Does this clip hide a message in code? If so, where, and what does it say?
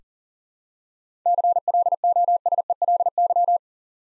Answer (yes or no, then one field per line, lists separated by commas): yes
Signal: Morse code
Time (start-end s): 1.3-3.6 s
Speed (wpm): 38 wpm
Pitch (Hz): 700 Hz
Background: none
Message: CLOSELY